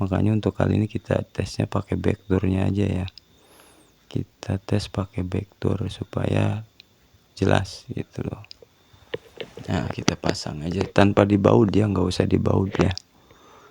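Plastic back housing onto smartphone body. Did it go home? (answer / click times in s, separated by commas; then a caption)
yes / 9.1 s, 9.4 s. A plastic back housing (middle frame) is pressed onto a Xiaomi Redmi Note 11 smartphone body without screws so the speaker can be tested, the phone having a stuttering, faulty speaker after water exposure. Someone talks throughout. Two sharp snaps at 9.1 s and 9.4 s show the housing seated and locked in place even without screws.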